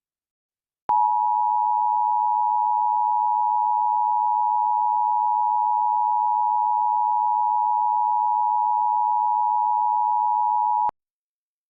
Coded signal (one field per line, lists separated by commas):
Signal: Emergency Alert System (SAME) tones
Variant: 853 and 960 Hz attention tone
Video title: EAS Scenario: evil Phoebe and the evil crew